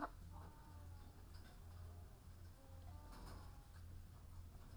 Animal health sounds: poultry house recording; sick chickens (respiratory disease)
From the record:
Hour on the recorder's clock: 15

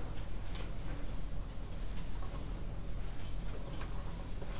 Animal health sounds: poultry house recording; healthy chickens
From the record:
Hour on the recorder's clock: 0

